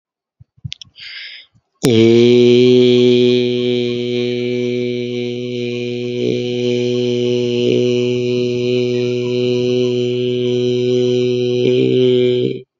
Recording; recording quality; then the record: sustained vowel as in made; excellent, no background noise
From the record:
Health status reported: healthy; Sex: male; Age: 30 years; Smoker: yes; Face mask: not worn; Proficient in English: yes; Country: India